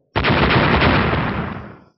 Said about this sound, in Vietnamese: Ba tiếng vỡ nát liên tiếp vang lên, mũi nhọn của trường kích chớp động ánh sáng màu xám, trực tiếp phá vỡ tường băng thủy lam, đâm vào trong thủy giáp trước ngực của Thạch Mục.